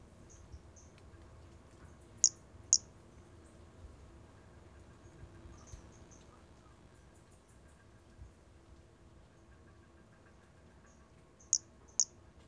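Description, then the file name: Brachycephalus albolineatus calls: short, high, sharp chirps in pairs about half a second apart, with scattered softer chirps between the pairs over a quiet background. Recorded 4 February 2016. "Brachycephalus albolineatus 160204"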